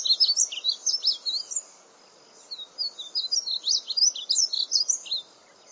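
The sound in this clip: Painted bunting singing a high, sweet warble of quick slurred notes, a run of about one and a half seconds, a brief pause, then a longer, tumbling phrase.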